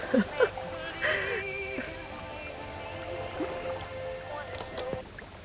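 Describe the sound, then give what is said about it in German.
Water being scooped and splashed out of a boat with a tin can, a few quick sloshing bursts at the start, then softer trickling over a steady murmur of voices and tones. “Gib mir die Blechbüchse. Ich muss das Wasser aus dem Boot schöpfen.”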